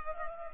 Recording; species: mosquito wingbeat signal from an infrared sensor; Culex pipiens